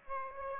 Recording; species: mosquito wingbeat signal from an infrared sensor; Aedes aegypti